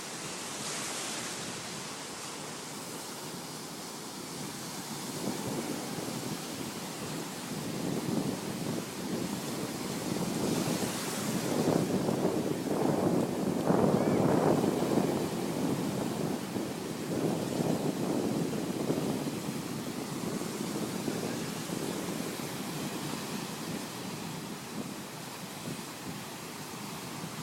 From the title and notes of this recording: Sunrise in Phan Thiet, Vietnam. Going to the beach at 6 AM with the rest of the locals to swim around in a bath of seawater.